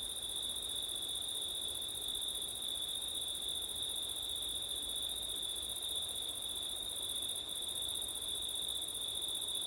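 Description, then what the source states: Crickets produce one long, level high-pitched trill throughout, topped by a thin sparkling higher tone, with gentle wind in the low range. Crickets on a September night, with wind; ortif (ORTF) microphone setup.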